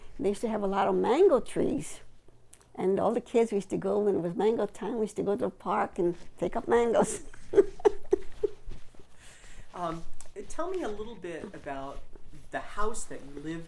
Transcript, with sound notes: They used to have a lot of mango trees, and all the kids used to go, when it was mango time, we used to go to the park and take up mangoes. (laughing)
Tell me a little bit about the house that you lived in.